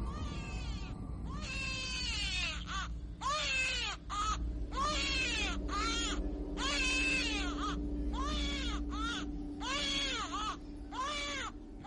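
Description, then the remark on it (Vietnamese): A child cries shrilly from a rooftop behind a garden in a string of about ten loud, high, wavering wails, each breaking off briefly before the next, with a steady low hum underneath and no talking. “Tiếng trẻ con khóc lên choe choe đến giận cả người, cứ như là bị ai đánh vậy.”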